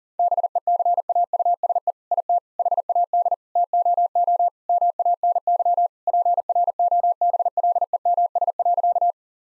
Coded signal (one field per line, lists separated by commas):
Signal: Morse code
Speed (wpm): 37 wpm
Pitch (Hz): 700 Hz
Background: none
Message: BECAUSE IT HAD TOO MANY PROBLEMS.